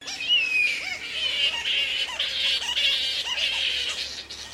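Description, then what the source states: Black flying foxes calling as a group, overlapping shrill squawks and chattering screeches, many high rasping notes blending into a continuous harsh din. Group of flying foxes (bats) calling in Noosa, Queensland.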